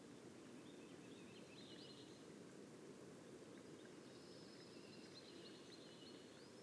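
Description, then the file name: White-throated sparrow song, faint drawn-out high whistles, with other faint bird chirps over a constant low rushing noise. Boreal forest of Haute-Côte-Nord, 29 May 2018. "bruant-a-gorge-blanche-foret-boreale-de-la-haute-cote-nord-29-mai-2018"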